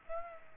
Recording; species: mosquito wingbeat signal from an infrared sensor; Aedes aegypti